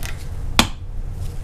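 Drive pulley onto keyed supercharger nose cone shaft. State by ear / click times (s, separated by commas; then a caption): seated / 0.6 s. A supercharger drive pulley, greased with supercharger oil, is slid over the key onto the nose cone input shaft of a Toyota 5VZ-FE 3.4L V6 TRD supercharger during a rebuild and pushed all the way down. Against a low background hum, a sharp, bright click is heard at 0.6 s as the pulley bottoms out and seats on the shaft.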